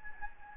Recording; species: mosquito wingbeat signal from an infrared sensor; Anopheles gambiae